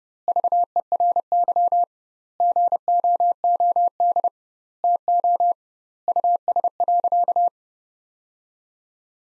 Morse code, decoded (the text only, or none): VERY GOOD TO US.